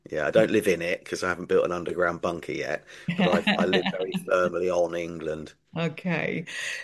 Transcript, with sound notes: Yeah, I don't live in it 'cause I haven't built an underground bunker yet.
(laughs)
But I, I live very firmly on England.
Okay.